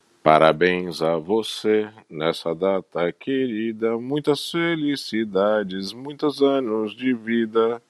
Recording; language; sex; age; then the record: short text; Brazilian Portuguese; male; 50 to 59 years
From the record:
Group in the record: control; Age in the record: 56 years